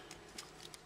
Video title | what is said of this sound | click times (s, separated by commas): Fall of Cybertron SHOCKWAVE | like so there we go nice satisfying click like that | 0.7 s